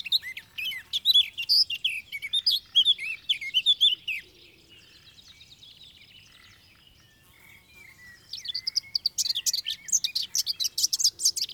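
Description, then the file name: Eurasian blackcap song: a rapid, varied warble of whistled notes for about four seconds, a pause of several seconds, then a second burst of song. "Sylvia atricapilla"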